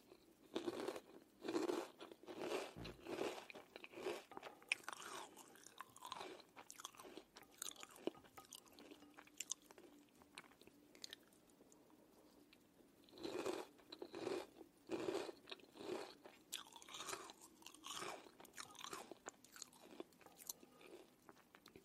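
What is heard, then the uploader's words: Someone eats crunchy cereal, each bite and chew a sharp, bright crackle. Chewing comes in busy bursts, densest in the first few seconds and again around fourteen to sixteen seconds, with quieter, sparser munching between. Crunchy cereal eating sound.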